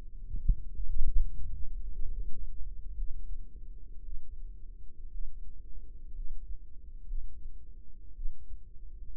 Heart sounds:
heart sounds by microphone in the right ear; 57 bpm
0.72 s: heartbeat
1.91 s: heartbeat
2.96 s: heartbeat
4.03 s: heartbeat
5.11 s: heartbeat
6.13 s: heartbeat
7.06 s: heartbeat
8.14 s: heartbeat
From the record:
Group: healthy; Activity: rest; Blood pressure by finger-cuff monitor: 88/52 mmHg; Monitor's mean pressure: 64 mmHg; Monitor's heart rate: 56 bpm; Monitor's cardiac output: 5.1 L/min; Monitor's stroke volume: 92 mL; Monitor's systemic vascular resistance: 930 dyn s/cm5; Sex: female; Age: 28 years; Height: 170 cm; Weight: 77 kg

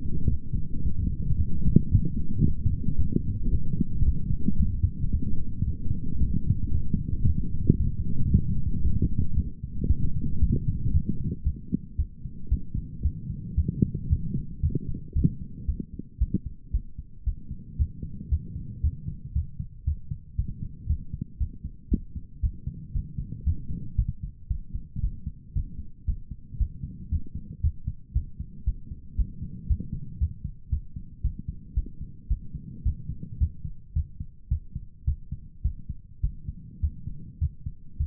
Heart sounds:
heart sounds by stethoscope; 113 bpm
0.29 s: heartbeat
0.83 s: heartbeat
1.36 s: heartbeat
1.89 s: heartbeat
2.43 s: heartbeat
2.96 s: heartbeat
3.50 s: heartbeat
4.04 s: heartbeat
4.58 s: heartbeat
5.11 s: heartbeat
5.65 s: heartbeat
6.18 s: heartbeat
6.72 s: heartbeat
7.25 s: heartbeat
7.78 s: heartbeat
8.30 s: heartbeat
8.82 s: heartbeat
9.35 s: heartbeat
9.87 s: heartbeat
10.39 s: heartbeat
10.92 s: heartbeat
11.44 s: heartbeat
11.96 s: heartbeat
12.49 s: heartbeat
13.02 s: heartbeat
13.55 s: heartbeat
14.08 s: heartbeat
14.61 s: heartbeat
15.13 s: heartbeat
15.66 s: heartbeat
16.18 s: heartbeat
16.71 s: heartbeat
17.24 s: heartbeat
17.77 s: heartbeat
18.29 s: heartbeat
18.81 s: heartbeat
19.33 s: heartbeat
19.85 s: heartbeat
20.36 s: heartbeat
20.87 s: heartbeat
21.38 s: heartbeat
21.89 s: heartbeat
22.40 s: heartbeat
22.92 s: heartbeat
23.44 s: heartbeat
23.96 s: heartbeat
24.48 s: heartbeat
25.00 s: heartbeat
25.53 s: heartbeat
26.05 s: heartbeat
26.57 s: heartbeat
27.09 s: heartbeat
27.61 s: heartbeat
28.13 s: heartbeat
28.64 s: heartbeat
29.16 s: heartbeat
29.67 s: heartbeat
30.18 s: heartbeat
30.70 s: heartbeat
31.21 s: heartbeat
31.74 s: heartbeat
32.28 s: heartbeat
32.83 s: heartbeat
33.38 s: heartbeat
33.93 s: heartbeat
34.48 s: heartbeat
35.04 s: heartbeat
35.62 s: heartbeat
36.21 s: heartbeat
36.80 s: heartbeat
37.38 s: heartbeat
37.97 s: heartbeat
From the record:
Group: healthy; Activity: light exercise 0-12 s, rest 12-38 s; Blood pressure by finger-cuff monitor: 122/63 mmHg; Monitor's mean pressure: 78 mmHg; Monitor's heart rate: 114 bpm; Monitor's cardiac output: 10.6 L/min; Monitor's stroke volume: 93 mL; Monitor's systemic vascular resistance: 530 dyn s/cm5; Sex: male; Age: 19 years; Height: 178 cm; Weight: 83 kg

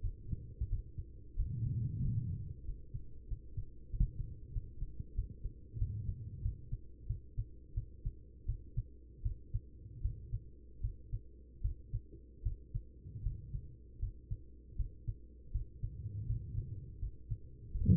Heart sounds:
heart sounds by stethoscope; 85 bpm
0.00 s: heartbeat
0.68 s: heartbeat
1.35 s: heartbeat
2.00 s: heartbeat
2.64 s: heartbeat
3.27 s: heartbeat
3.89 s: heartbeat
4.52 s: heartbeat
5.14 s: heartbeat
5.77 s: heartbeat
6.41 s: heartbeat
7.06 s: heartbeat
7.73 s: heartbeat
8.45 s: heartbeat
9.22 s: heartbeat
10.01 s: heartbeat
10.80 s: heartbeat
11.61 s: heartbeat
12.42 s: heartbeat
13.22 s: heartbeat
13.99 s: heartbeat
14.76 s: heartbeat
15.51 s: heartbeat
16.26 s: heartbeat
16.99 s: heartbeat
17.71 s: heartbeat
From the record:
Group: healthy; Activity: cold pressor test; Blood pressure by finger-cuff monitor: 132/78 mmHg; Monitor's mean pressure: 95 mmHg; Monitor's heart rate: 79 bpm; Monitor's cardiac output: 6.3 L/min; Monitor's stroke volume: 81 mL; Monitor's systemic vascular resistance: 1160 dyn s/cm5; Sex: female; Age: 43 years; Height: 160 cm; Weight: 90 kg

